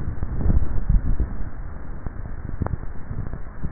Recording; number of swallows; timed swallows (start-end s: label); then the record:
swallowing sounds by neck microphone; 1
0.27-1.00 s: swallow
From the record:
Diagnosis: dysphagia